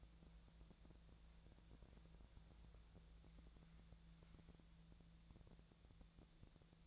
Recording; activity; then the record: daily activity, microphone in the room; wipe stove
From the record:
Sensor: 3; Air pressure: 1000.5 hPa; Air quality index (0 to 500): 180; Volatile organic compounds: 4 ppm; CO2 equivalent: 1558 ppm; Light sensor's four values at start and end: 13/30/13/13 and 13/30/13/13